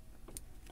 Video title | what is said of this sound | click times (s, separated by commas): Apple Watch Series 8 Gold - "Real Review" | it's locks into place | 0.4 s